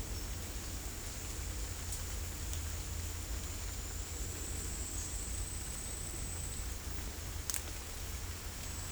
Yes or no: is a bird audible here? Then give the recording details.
no. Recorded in secondary vegetation near Puerto Asís, Putumayo, Colombia, on 16 December 2024 at 17:00. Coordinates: 0.481, -76.318. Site G042